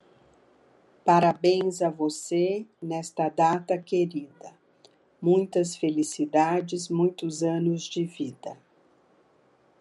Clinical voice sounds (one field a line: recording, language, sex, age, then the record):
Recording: short text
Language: Brazilian Portuguese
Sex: female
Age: 60 to 69 years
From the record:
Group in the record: control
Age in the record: 64 years